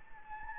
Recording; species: mosquito wingbeat signal from an infrared sensor; Anopheles gambiae